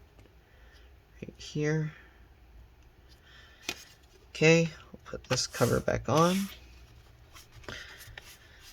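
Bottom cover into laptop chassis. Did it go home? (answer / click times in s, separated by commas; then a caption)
yes / 7.7 s, 8.2 s. Someone talks while the aluminium bottom cover of a Dell XPS 13 9350 laptop is lined up over the chassis and pressed down. Its plastic clips snap in with sharp clicks at 7.7 s and 8.2 s, and the cover is seated.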